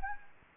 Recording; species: mosquito wingbeat signal from an infrared sensor; Anopheles gambiae